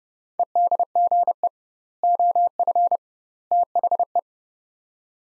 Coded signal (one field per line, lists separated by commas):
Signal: Morse code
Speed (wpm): 32 wpm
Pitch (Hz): 700 Hz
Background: none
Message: EDGE OF THE